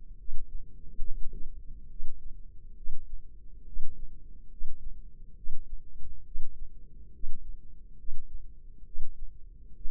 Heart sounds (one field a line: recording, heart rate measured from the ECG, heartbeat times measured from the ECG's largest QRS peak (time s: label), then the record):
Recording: heart sounds by microphone in the left ear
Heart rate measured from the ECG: 69 bpm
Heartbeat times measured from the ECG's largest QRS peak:
0.19 s: heartbeat
1.06 s: heartbeat
1.90 s: heartbeat
2.77 s: heartbeat
3.67 s: heartbeat
4.51 s: heartbeat
5.37 s: heartbeat
6.26 s: heartbeat
7.14 s: heartbeat
7.99 s: heartbeat
8.86 s: heartbeat
9.76 s: heartbeat
From the record:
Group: healthy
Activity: rest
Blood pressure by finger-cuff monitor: 144/90 mmHg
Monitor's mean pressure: 104 mmHg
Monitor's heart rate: 69 bpm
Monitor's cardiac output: 7.5 L/min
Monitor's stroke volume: 109 mL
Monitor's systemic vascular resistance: 1030 dyn s/cm5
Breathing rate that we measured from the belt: 20 breaths a minute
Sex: male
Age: 30 years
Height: 188 cm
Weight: 110.2 kg